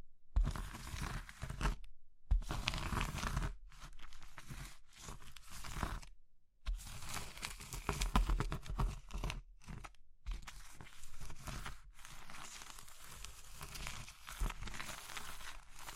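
Brittle material such as soap, chalk or meringue is crushed in a rapid, dense run of crunching and crumbling. The crackle is bright and gritty, broken by short silent gaps near 2, 3.5, 6, 9.5 and 12 seconds, then picks back up each time.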